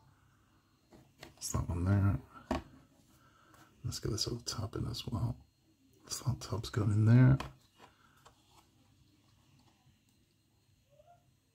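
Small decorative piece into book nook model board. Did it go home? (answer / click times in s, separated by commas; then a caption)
no / none. Someone talks while handling a small decorative topping piece of a Rolife Falling Sakura wooden/plastic book nook kit, working it toward its slot on the model board. Only faint handling taps are heard between the speech, and nothing has seated or clicked yet.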